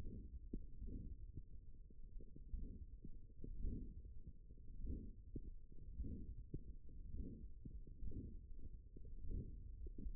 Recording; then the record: forearm muscle sounds (acoustic myography)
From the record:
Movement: hand closing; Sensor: system 1, eight BSWA MPA416 microphones around the upper forearm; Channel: 4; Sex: female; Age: 22 years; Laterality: right